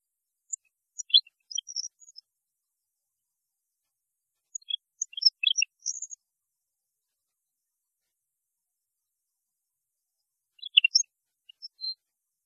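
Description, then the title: European goldfinch song: three faint, brief bursts of high twittering notes separated by silence. "Chant Chardonneret"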